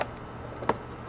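A plastic part is pressed back into the housing of a Bissell CleanView Helix upright carpet cleaner during reassembly after cleaning. A faint tick opens the clip over a low steady hum, then a single sharp click lands at 0.7 s. The part seats in place.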